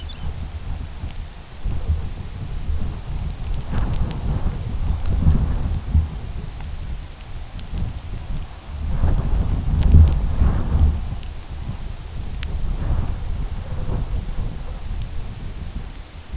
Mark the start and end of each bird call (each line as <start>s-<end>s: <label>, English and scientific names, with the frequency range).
0.00s-0.33s: Lapland Longspur (Calcarius lapponicus) (2.3-5.7 kHz)